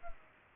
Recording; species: mosquito wingbeat signal from an infrared sensor; Culex pipiens